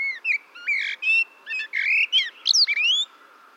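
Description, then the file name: Common blackbird song: a quick run of fluted, whistled phrases sliding up and down, broken by short pauses and squeaky twittering notes at the top. "Turdus merula"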